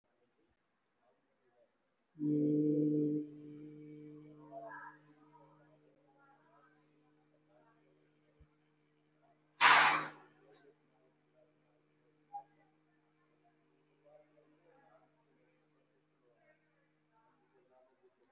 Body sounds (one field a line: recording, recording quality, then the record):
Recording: sustained vowel as in beet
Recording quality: poor, much background noise or distortion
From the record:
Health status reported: COVID-19 positive, mild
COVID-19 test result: positive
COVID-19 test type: RT-PCR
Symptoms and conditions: cough, cold, fever, fatigue, muscle pain, loss of smell and taste, hypertension, diabetes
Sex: male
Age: 64 years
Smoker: no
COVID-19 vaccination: both doses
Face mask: worn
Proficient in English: yes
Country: India